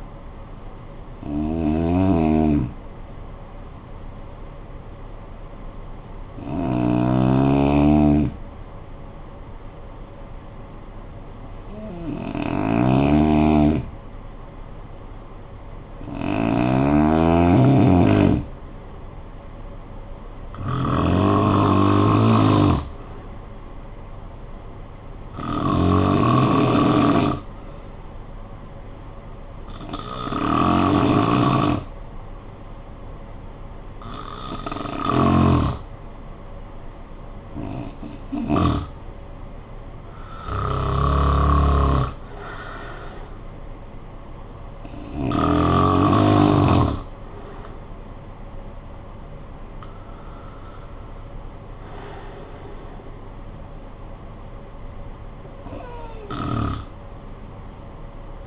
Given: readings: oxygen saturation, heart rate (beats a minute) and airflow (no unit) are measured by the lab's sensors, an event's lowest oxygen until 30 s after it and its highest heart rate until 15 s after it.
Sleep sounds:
breathing in sleep by a smartphone at the bedside; 1
4.00-16.00 s: hypopnea (N1, oxygen 94% highest, then 92% lowest, heart rate 48 at the start, 56 highest)
From the record:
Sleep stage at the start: N1 (lightest sleep); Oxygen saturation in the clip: 88 to 95%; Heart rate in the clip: 46 to 58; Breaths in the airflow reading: 13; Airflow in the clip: -12.4 to 6.5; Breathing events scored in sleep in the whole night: 445 in 7.6 hours asleep

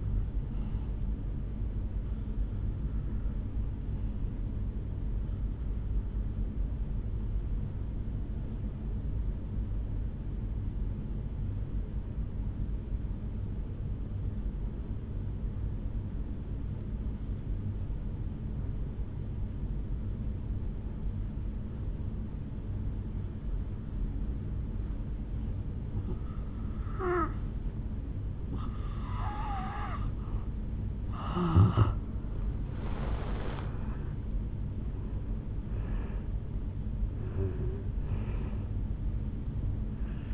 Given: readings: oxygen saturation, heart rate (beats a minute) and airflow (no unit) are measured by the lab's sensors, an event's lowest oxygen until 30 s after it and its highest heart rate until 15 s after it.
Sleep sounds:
breathing in sleep by a smartphone at the bedside; 1
11.00-27.80 s: obstructive apnea (N2, oxygen 94% highest, then 81% lowest, heart rate 55 at the start, 73 highest)
38.00-40.34 s: new sleep stage, N1 (lightest sleep)
From the record:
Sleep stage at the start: N2 (light sleep); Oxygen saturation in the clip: 82 to 94%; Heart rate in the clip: 55 to 73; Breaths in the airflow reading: 7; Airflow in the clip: -8.4 to 3.7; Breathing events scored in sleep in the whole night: 449 in 7.0 hours asleep

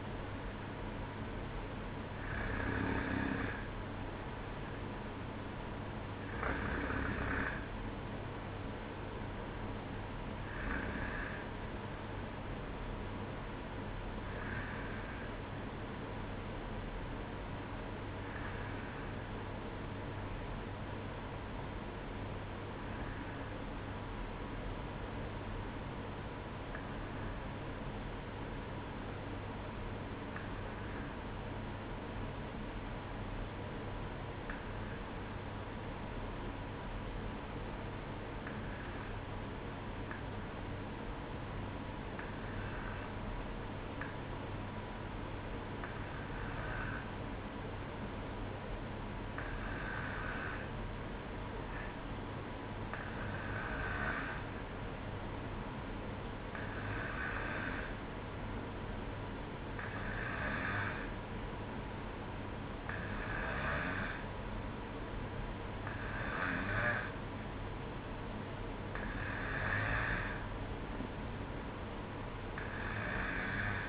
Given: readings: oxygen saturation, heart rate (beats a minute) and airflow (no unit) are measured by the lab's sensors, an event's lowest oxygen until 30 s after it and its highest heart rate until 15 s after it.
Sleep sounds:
breathing in sleep by a voice recorder at the bedside; 1
11.00-73.89 s: new sleep stage, N2 (light sleep)
16.00-63.60 s: hypopnea (N2, oxygen 95% highest, then 92% lowest, heart rate 59 at the start, 64 highest)
From the record:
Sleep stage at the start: N1 (lightest sleep); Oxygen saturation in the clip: 92 to 95%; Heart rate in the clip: 58 to 64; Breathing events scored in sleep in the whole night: 305 in 9.6 hours asleep

